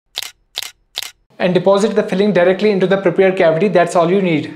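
After mixing, an Equia Forte HT glass-ionomer filling capsule is loaded into a metal dental capsule applier, and its lever is squeezed, giving three evenly spaced sharp clicks at 0.2, 0.6 and 1.0 seconds that prime the capsule. The capsule is seated and primed, and then someone talks.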